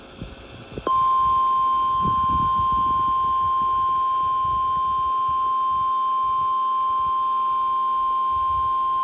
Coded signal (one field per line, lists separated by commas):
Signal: Emergency Alert System (SAME) tones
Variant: 1050 Hz attention tone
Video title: WWF75 Severe Thunderstorm Warning. 3/22/25 EAS #278